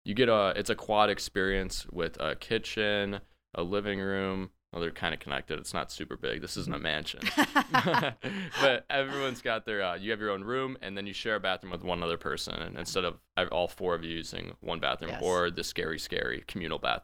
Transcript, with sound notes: You get a, it’s a quad experience with a kitchen, a living room, other kind of connected. It’s not super big. This is not mansion. (laughing) But everyone’s got their, you have your own room, and then you share a bathroom with one other person. Instead of, all four of you using one bathroom or the scary, scary communal bathroom.